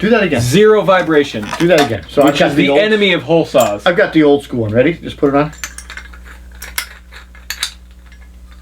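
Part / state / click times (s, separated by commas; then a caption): hole saw onto quick-change arbor mandrel / partly seated / 7.5 s. Someone talks for the first five and a half seconds, then a quick-release hole-saw mandrel is pushed into a steel hole-saw blade with a few light metallic clicks and handling sounds. Its spring collar snaps it on with a sharp metallic pop at 7.5 s. It is only partly home: a couple of threads were missed and it needs one more thread to be fully threaded.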